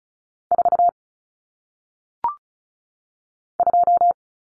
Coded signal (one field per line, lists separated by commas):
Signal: Morse code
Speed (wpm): 35 wpm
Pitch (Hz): 700 Hz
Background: none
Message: 4 2